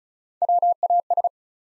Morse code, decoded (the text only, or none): WAS